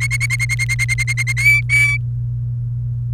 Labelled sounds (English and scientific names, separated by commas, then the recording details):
Domestic Canary (Serinus canaria) song
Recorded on 28 April 2018 at 14:30
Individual llb3